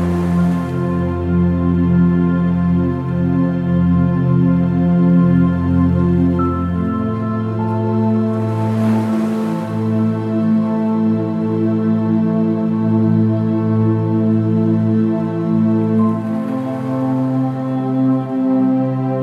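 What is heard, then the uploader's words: Soft, sustained piano chords shift slowly over a low hum, with gentle ocean waves washing in near the start, around nine seconds, and again near seventeen. Gentle sleep music that includes the sounds of gentle ocean waves. Gentle piano music.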